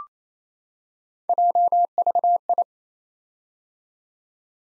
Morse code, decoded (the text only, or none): JVI